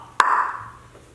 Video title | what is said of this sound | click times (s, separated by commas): How to Use a Tire Machine - End Tire Shop Dependency | normally until you hear a pop sometimes you don't hear a pop but generally you hear a little pop | 0.2 s